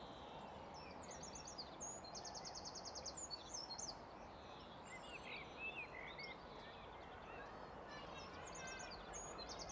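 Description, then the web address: Birds give bright, rapid trills and sharp chirps over continuous low traffic rumble and hiss. Birds chirping in a city park with distant traffic. "Sonik Sound Library - Spatial Cities Ambience, City Park, Distant Traffic, Voices, Birds Chirping"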